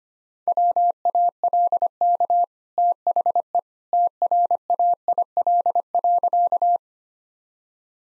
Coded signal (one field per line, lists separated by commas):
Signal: Morse code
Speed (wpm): 25 wpm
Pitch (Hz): 700 Hz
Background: none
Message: WALK THE TRAIL.